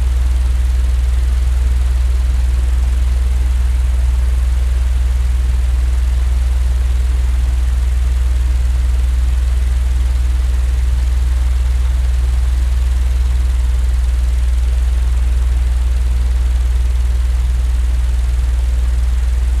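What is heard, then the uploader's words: A fan runs steadily, its deep, even hum dominating the low end with no change over the full twenty seconds. A soft, constant hiss spreads above it, and nothing else interrupts the unbroken drone. Soothing Natural Sounds and Fan Ambiance.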